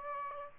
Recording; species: mosquito wingbeat signal from an infrared sensor; Aedes aegypti